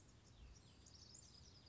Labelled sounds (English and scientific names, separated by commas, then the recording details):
House Wren (Troglodytes aedon)
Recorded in Sonoma County, California